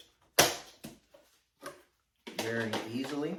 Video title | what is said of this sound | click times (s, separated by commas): Tumbling Compost Bin, DIY Compost | those just snap right into here on these side panels | 0.4 s, 2.3 s